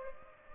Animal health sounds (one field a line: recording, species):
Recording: mosquito wingbeat signal from an infrared sensor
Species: Culex pipiens